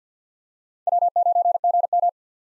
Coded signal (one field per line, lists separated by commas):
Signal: Morse code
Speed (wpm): 50 wpm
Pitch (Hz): 700 Hz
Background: none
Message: W9GM